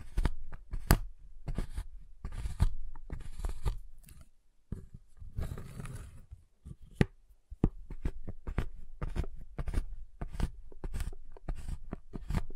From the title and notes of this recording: ASMR Giant Chocolate Bar Tapping, Cutting, Snapping Sounds (No Talking).